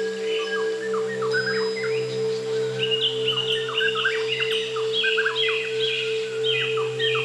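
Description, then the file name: White-crowned shama singing fluty, varied whistles and quick downslurred notes, phrases building into a dense run of bright notes, with a constant low droning hum beneath. Sound recorded in nature. "suara alam murai batu mahkota"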